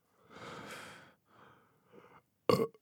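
Soft breathy exhalations, then one short, loud, throaty burp at the end from an adult.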